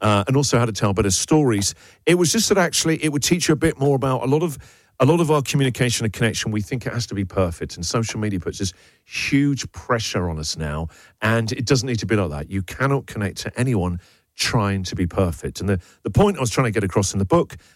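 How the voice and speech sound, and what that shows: A man speaks fluently in clear, even-paced conversational speech with natural pauses; ordinary voice.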